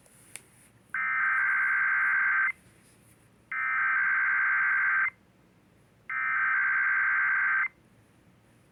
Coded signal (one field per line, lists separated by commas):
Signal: Emergency Alert System (SAME) tones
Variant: header bursts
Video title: kdka weekly test eas 92